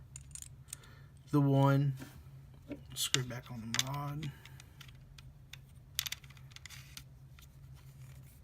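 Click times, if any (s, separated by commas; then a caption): 6.0 s. A section of a rebuildable atomizer for a Vandy Vape Pulse Dual squonk kit is fitted into the next part of the atomizer assembly while someone talks. After light handling ticks, it locks into place with a sharp click at 6.0 s and is seated.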